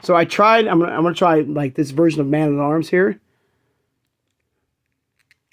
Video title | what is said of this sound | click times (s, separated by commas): A Review and Unboxing of The Masters of the Universe Origins Mattel Creations Executive ROKKON | So, it doesn't snap, but it does, it's a little bit, but it does fit. | none